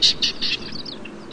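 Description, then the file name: Common quail call: three quick, sharp high notes in a rapid triplet, the first loudest, followed by fainter trailing chirps over low background noise. "Coturnice"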